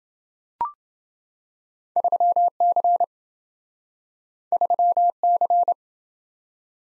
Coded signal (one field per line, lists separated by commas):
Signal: Morse code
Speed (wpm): 27 wpm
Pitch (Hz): 700 Hz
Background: none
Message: 3C 3C